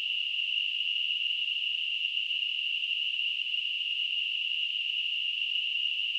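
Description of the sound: A steady, unbroken high-pitched hiss centred near 3 kHz, holding the same loudness for about six seconds with nothing else present. This is a simulated tinnitus sound, an imitation of the constant ringing or hissing a person with tinnitus perceives.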